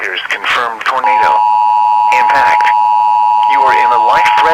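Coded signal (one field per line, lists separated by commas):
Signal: Emergency Alert System (SAME) tones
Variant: 853 and 960 Hz attention tone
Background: speech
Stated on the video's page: Fictional scenario of a derecho storm, including a tornado emergency.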